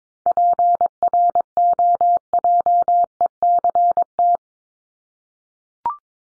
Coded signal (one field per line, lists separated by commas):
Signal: Morse code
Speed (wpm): 22 wpm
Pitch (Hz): 700 Hz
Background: none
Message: PROJECT